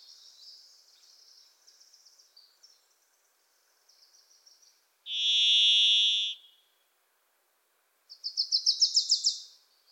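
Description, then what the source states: Varied thrush song, a single sustained buzzy whistled tone in the middle, surrounded by faint twittering and a loud rapid chatter of another bird near the end. Wild bird in Pacific Northwest forest; its voice is likened to crying "Listen. Listen."; a Wilson's Warbler sings alongside.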